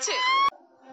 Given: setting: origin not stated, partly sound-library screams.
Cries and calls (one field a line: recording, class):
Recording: one-second piece from a danger detection set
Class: woman in danger